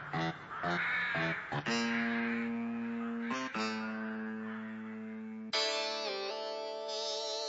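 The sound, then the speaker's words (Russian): Crows circling around a balcony caw harshly and repeatedly, loud drawn-out rasping calls overlapping one another with strong harmonics, a few short caws at the start and then long sustained cries. “Птицы кружили около балкона и противно каркали.”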